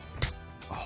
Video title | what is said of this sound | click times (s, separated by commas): Jurassic World Dominion Official Movie Trailer Dinosaur Toy Action Figures AdventureFun! (2022) | satisfying snap cool he's got the backwards feet we just have to turn those around okay and put them in place | 0.2 s